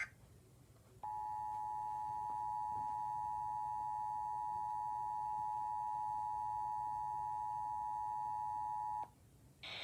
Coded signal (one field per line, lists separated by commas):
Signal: Emergency Alert System (SAME) tones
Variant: 853 and 960 Hz attention tone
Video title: North Arkansas SVR #EAS